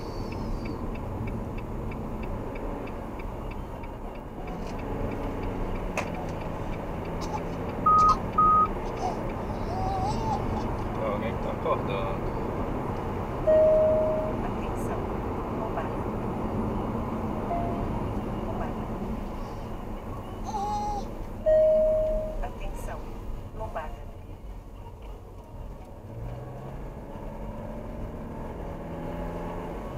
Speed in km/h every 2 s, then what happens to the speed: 54, 56, 67, 75, 81, 85, 85, 81, 73, 60, 41, 19, 17, 29, 41.
0-12 speeds up to 85. 12-24 brakes to 17. 24-30 speeds up to 41.